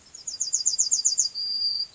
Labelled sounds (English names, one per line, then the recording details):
Yellowhammer song
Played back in grassland
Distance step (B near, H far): C
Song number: 114